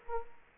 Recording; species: mosquito wingbeat signal from an infrared sensor; Culex quinquefasciatus